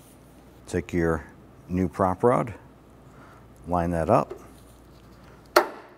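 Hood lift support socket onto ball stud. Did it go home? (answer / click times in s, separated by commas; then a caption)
yes / 5.6 s. On a 2006–2013 Chevy Impala, a new hood lift support's socket end is lined up and pushed onto the lower ball stud while someone talks. The talking stops, and at 5.6 s there is a single sharp snap as the socket seats onto the ball stud.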